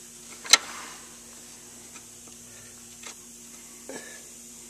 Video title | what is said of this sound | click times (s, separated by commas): Tractor Restoration - Installing Pistons | They're clicked in place. | 0.5 s